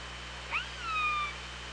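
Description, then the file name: Orca call: a short sharp upward note, then a long tone gliding slowly downward with a lower harmonic, over a steady low hum and hiss. OrcaLab hydrophone, 24 August 2017 at 16:26:05. "Orca Lab UTLN JASON 20170824 162605"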